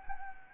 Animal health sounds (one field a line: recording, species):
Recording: mosquito wingbeat signal from an infrared sensor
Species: Anopheles gambiae